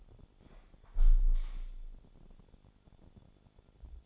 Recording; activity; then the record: daily activity, microphone in the room; close window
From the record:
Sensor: 5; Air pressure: 1014.9 hPa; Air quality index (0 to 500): 94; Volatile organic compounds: 2 ppm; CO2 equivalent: 1004 ppm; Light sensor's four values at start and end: 35/80/32/31 and 35/80/32/31